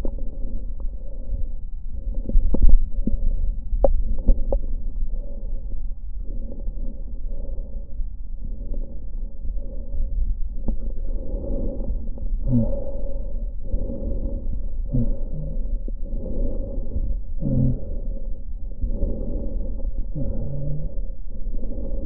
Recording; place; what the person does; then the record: lung sounds by stethoscope; left posterior basal chest; quiet breathing, then deep breathing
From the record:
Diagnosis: interstitial lung disease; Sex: female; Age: 72 years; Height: 153 cm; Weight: 71 kg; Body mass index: 30.3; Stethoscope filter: diaphragm mode